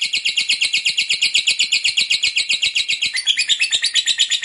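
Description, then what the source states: Lovebird chattering: a long, fast train of shrill, buzzy notes, shifting higher in pitch near the end. Long 'ngekek' chatter, bird described as gacor (vocalizing actively).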